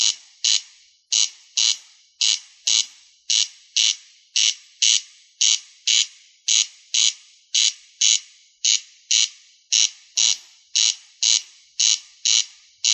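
Rail calling in a steady series of loud, grating notes, held throughout; nothing else audible.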